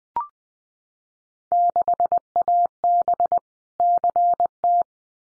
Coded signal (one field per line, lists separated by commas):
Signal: Morse code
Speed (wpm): 20 wpm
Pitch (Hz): 700 Hz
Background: none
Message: 6AB CT